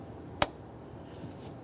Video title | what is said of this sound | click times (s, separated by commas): How to Replace Fuel Pump Module Assembly 2013-2020 Ford Fusion 2.0L L4 | we'll line this up press it in listen for a click | 0.4 s